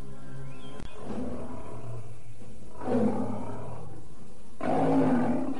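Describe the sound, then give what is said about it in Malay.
A large striped tiger roars in low, rumbling bursts, three deep growling roars separated by short pauses, with a sharp click early on and no one speaking. “Sementara itu, Kayan Manggala sudah melangkah mendekati harimau belang yang besar.”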